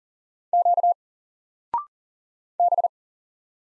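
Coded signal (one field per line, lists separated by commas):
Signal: Morse code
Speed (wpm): 40 wpm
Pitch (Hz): 700 Hz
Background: none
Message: Q B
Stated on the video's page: Single-letter Morse drill at 40 wpm, each letter sent, spoken after a 0.6 s pause, then sent again.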